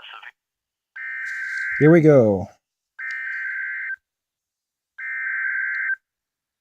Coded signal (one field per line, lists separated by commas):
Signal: Emergency Alert System (SAME) tones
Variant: header bursts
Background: speech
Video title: EAS 58 and 59 SVR and TOR in Florida